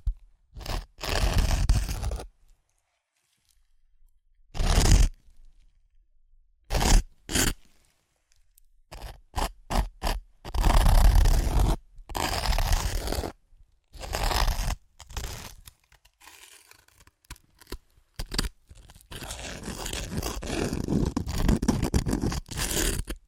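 Crunchy chips are crushed and eaten in short, sharp bursts of crackling, separated by silent gaps. Early bursts come singly around the first few seconds, then quick clusters of brittle snaps follow, and the last stretch becomes a steadier, denser crunching that runs to the end.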